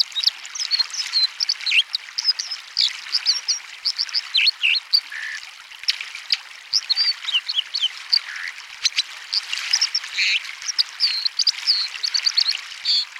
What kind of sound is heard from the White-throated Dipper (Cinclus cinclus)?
song